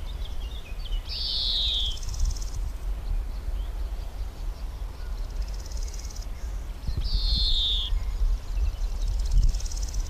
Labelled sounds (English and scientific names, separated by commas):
European Greenfinch (Chloris chloris) song